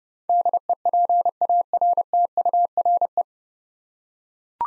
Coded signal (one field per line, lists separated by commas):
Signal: Morse code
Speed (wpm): 30 wpm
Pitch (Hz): 700 Hz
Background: none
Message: DEPARTURE